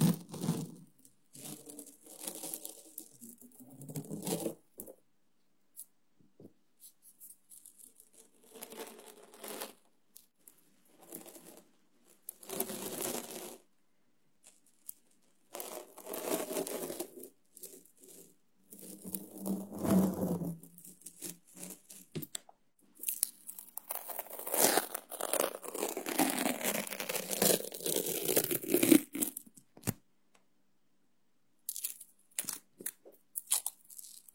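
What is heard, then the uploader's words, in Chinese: Very sticky tape is pulled and crinkled, short tearing bursts recurring, then a long loud rip around 23–29 seconds. 胶带超黏（呲啦声）。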